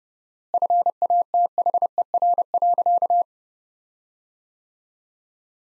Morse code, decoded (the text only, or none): FATHER.